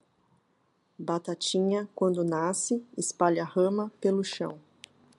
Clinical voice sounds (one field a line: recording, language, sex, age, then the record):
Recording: short text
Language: Brazilian Portuguese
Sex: female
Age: 40 to 49 years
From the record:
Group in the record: control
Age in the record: 48 years